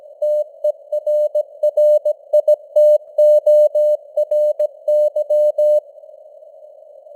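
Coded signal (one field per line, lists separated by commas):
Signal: Morse code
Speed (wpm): 17 wpm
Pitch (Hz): 600 Hz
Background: none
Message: TERRITORY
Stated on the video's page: News headlines in Morse at 17 wpm with simulated radio noise and varying signal strength (QSB).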